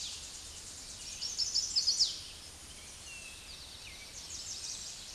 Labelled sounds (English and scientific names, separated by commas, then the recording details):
Chestnut-sided Warbler (Setophaga pensylvanica) song
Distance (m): 15 m
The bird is about 5 m above the microphone
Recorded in a Pennsylvania forest on 16 May 2024 at 08:24
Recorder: AudioMoth, point MSD-2306
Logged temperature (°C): 15.6 °C
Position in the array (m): 41 m, 58 m